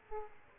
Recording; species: mosquito wingbeat signal from an infrared sensor; Aedes aegypti